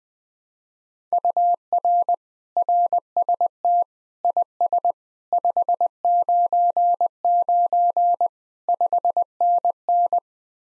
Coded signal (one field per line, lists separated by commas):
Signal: Morse code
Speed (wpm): 20 wpm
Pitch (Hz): 700 Hz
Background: none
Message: UR RST IS 599 5NN